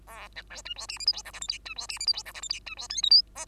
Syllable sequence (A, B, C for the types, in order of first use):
A B C D E F G H I J K L M D E F G H I J K L M D E N O P Q